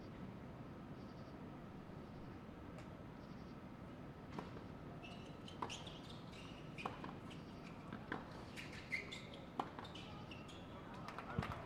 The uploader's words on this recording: Night time tennis match. Late at night there's a tennis match. The crickets chirp, trains passby in the disance, people quietly chat, two tennis players compete.